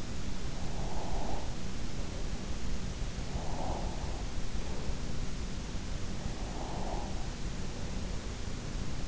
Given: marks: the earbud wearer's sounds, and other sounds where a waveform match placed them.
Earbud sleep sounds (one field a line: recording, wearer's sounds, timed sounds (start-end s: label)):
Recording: sounds in sleep by an in-ear microphone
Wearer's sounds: breath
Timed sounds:
0.00-2.57 s: breath
2.97-5.65 s: breath
6.00-8.80 s: breath